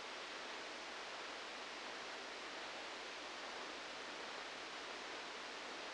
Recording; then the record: brain microelectrode recording played as sound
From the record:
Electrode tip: outside the subthalamic nucleus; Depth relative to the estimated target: 3 mm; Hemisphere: left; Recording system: NeuroSet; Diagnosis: Parkinson's disease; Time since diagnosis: 8 years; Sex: male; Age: 37 years